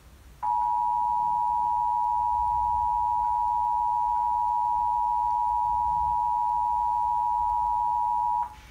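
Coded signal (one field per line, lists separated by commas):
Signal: Emergency Alert System (SAME) tones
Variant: 853 and 960 Hz attention tone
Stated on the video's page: Severe thunderstorm warning EAS alert aired on NJTV.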